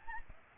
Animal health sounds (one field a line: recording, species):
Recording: mosquito wingbeat signal from an infrared sensor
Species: Aedes albopictus